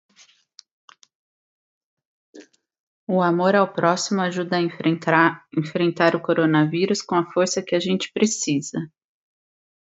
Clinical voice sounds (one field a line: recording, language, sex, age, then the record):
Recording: spoken sentence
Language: Brazilian Portuguese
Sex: female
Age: 30 to 39 years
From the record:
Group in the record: control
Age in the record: 38 years